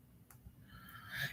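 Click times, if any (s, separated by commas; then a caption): none. The second hoop earring, whose hinged post pin has been moved slightly, is closed on its hinge, and nothing clicks; it shuts without a proper click but is still judged secure. The clip is quiet, with a brief faint tick near 0.3 s and a rising hiss that peaks around 1.2 s.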